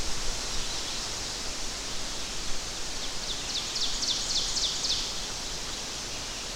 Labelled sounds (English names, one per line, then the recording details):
Ovenbird song
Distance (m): 40 m
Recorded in boreal forest in Alberta, Canada, on 10 June 2016 at 06:54
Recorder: SongMeter 3, array SBT-3-39
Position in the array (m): 198 m, 76 m
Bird 17